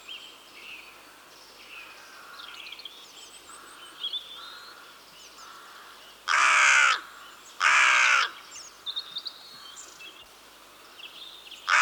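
Crow giving two loud harsh caws in quick succession midway, a third starting at the end, over faint background bird calls.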